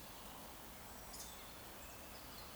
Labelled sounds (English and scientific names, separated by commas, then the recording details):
Eurasian Woodcock (Scolopax rusticola) whistle
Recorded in Baden-Württemberg, Germany, on 14 June 2021 at 19:46 UTC
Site 46435, 986 m above sea level